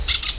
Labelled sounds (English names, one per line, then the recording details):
Brown-throated Parakeet contact call
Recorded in Venezuela
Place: Hato Matapalo, Bolívar
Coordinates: 7.356, -61.542